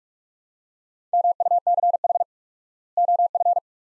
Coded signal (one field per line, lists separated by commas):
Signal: Morse code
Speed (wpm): 42 wpm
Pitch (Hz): 700 Hz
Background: none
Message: MUCH OF